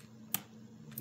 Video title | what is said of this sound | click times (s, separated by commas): How to Install RAM into a MacBook Pro (Late 2011) | least you would think there will be a little click but not a big one | 0.3 s